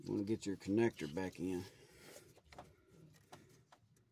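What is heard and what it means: Someone talks while handling a wiring harness connector being pushed back onto the throttle body of a car engine, followed by faint handling taps and clicks at about 2.5, 2.6, 3.3 and 3.7 seconds. The connector has not seated or clicked into the throttle body yet.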